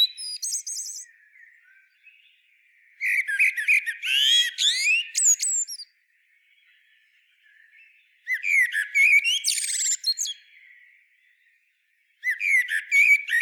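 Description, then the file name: Common blackbird song with several phrases of bright warbled slurs and piercing high squeaks, with quiet pauses between them. "Turdus merula"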